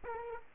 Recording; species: mosquito wingbeat signal from an infrared sensor; Aedes aegypti